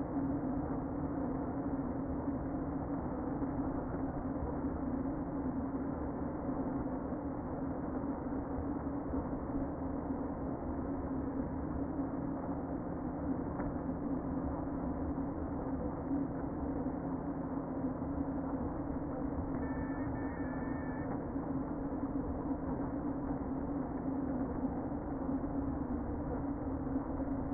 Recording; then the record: honeybee colony, microphone inside the hive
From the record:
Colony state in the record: queen present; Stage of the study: before two queens were removed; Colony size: about 60,000 bees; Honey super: yes